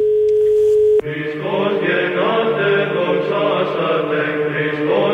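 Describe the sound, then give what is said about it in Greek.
A steady, single-pitched telephone line tone hums for about a second during an outgoing phone call to the Holy Church of Agia Marini, Ilioupoli, to book a seat, then cuts off abruptly as bright, tuneful music takes over at a similar loudness. “Εμείς πήραμε από εδώ για να κλείσουμε εμείς.”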